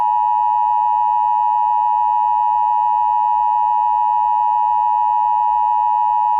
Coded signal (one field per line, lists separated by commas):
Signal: Emergency Alert System (SAME) tones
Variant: 853 and 960 Hz attention tone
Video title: EAS Scenario #61: System Failure